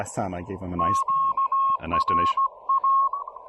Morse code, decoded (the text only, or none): QRA